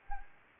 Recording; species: mosquito wingbeat signal from an infrared sensor; Anopheles arabiensis